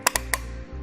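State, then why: Torque reached. A supplied torque-limiting tool tightens the clamp bolt on a Thule Evo Clamp or Edge Clamp roof rack foot fitted with its fit kit on a 2018 Ford Fusion. Three sharp, loud clicks sound at 0.1, 0.2 and 0.3 seconds over a low steady hum. The tool confirms the bolt has reached its set torque.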